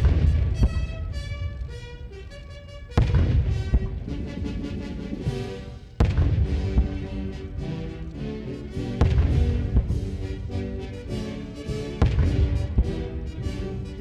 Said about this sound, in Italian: Avete sentito appunto le salve di cannone, una visita, quella di ieri, nell'insieme gradevole, iniziata nella mattinata